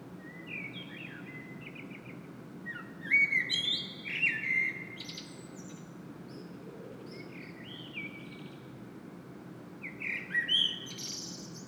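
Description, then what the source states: Common blackbird singing mellow whistled phrases, each closing in a thin squeaky twitter, separated by pauses of several seconds, over faint background rumble. Singing in Saint-Gilles, Belgium; Sony PCM-M10 internal microphone.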